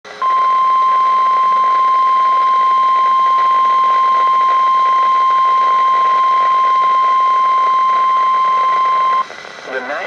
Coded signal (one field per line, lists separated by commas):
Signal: Emergency Alert System (SAME) tones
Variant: 1050 Hz attention tone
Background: speech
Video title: Severe Thunderstorm Warning (EAS #1554-1555)